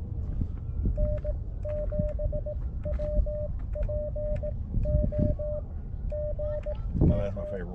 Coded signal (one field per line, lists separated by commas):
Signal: Morse code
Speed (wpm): 18 wpm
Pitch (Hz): 600 Hz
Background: speech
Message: N7WPO GM